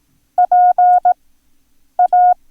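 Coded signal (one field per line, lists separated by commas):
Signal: Morse code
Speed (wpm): 18 wpm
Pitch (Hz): 720 Hz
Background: none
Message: PA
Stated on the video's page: Morse code lesson teaching the letters Q, Y, P and X.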